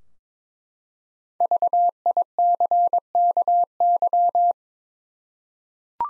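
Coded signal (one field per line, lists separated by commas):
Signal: Morse code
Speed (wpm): 22 wpm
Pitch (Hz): 700 Hz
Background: none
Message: VICKY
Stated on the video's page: Morse head-copy practice at 22 wpm of common USA names, each sent, spoken, then sent again.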